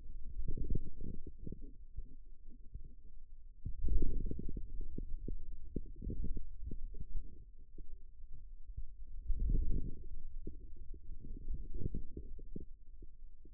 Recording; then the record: forearm muscle sounds (acoustic myography)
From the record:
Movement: wrist extension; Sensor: system 2, bracelet of six BSWA MPA416 microphones around the upper forearm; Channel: 6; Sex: male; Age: 22 years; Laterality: right